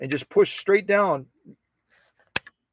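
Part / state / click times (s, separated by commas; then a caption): pattern cam disc into sewing machine cam stack / seated / 2.4 s. Someone talks, then a pattern cam disc is lined up on the cam stack of a vintage sewing machine and pushed straight down. A sharp click at 2.4 s, followed by a faint tick, marks the cam snapping into place, fully seated.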